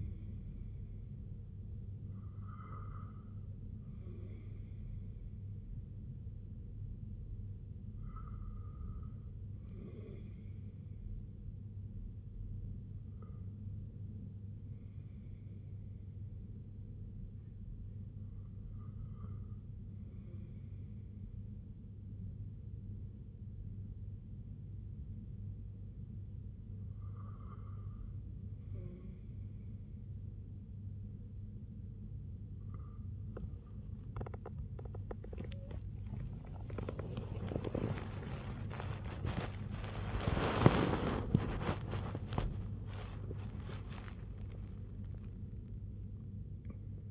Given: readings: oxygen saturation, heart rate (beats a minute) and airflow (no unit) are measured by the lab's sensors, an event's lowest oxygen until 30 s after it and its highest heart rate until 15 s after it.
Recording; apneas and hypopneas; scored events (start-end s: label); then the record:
breathing in sleep by a smartphone at the bedside; 1
25.00-42.80 s: hypopnea (REM, oxygen 96% highest, then 95% lowest, heart rate 63 at the start, 93 highest)
44.00-47.11 s: new sleep stage, awake
46.00-47.11 s: awake
From the record:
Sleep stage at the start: REM sleep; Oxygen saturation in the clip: 93 to 96%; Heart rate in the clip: 61 to 93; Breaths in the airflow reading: 8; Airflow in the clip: -11.0 to 13.2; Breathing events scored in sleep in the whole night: 258 in 7.4 hours asleep